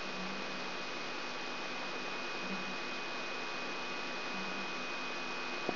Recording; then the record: brain microelectrode recording played as sound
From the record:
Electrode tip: outside the subthalamic nucleus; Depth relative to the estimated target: -2.5 mm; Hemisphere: right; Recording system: AlphaMap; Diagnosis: Parkinson's disease